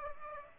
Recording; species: mosquito wingbeat signal from an infrared sensor; Aedes aegypti